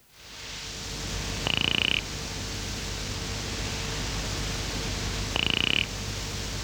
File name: Cophixalus monticola